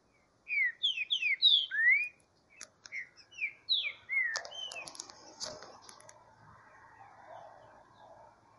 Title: Canto De Trinca Ferro. Esquentando trinca-ferro no mato